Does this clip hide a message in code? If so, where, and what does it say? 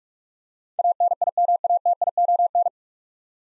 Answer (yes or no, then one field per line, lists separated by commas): yes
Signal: Morse code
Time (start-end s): 0.8-2.7 s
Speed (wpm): 45 wpm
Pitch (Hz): 700 Hz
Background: none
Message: ANIMATION